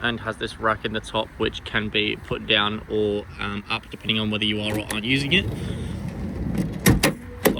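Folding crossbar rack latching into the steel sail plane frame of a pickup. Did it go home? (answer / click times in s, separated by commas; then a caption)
yes / 7.0 s, 7.5 s. Someone talks while the steel Flexi Rack crossbar on the rear sail plane of a 2023 Ford Ranger Wildtrak X pickup is raised or lowered, followed by some quieter handling. Sharp latch hits at 7.0 s and 7.5 s mark the folding crossbar locking into position in the steel sail plane frame. It locks in place nicely.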